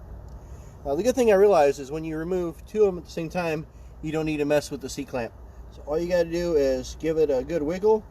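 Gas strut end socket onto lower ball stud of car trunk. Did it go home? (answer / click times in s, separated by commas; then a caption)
no / none. A man talks while the lower end socket of a BMW car trunk gas strut is wiggled toward the bottom ball stud, without removing the clip and without a C-clamp, since both struts are out at the same time. Nothing has seated or clicked yet.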